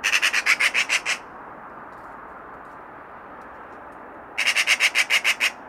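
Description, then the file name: Eurasian magpie harsh rattle: a run of fast, dry, scratchy notes, a silent gap, then another rapid chattering series. "Pica pica"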